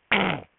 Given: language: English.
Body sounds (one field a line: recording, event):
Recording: throat vibration sensor signal played as sound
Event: throat clearing